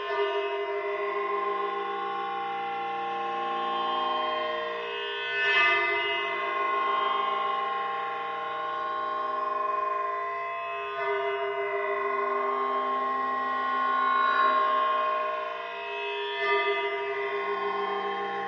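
A sustained synthesizer drone played through a crumpled sheet of scrap aluminium, dense with steady ringing tones from low to bright. The sequence shifts in gentle swells, with brighter metallic flares near 5.5, 11, 14 and 17 seconds, at a constant level.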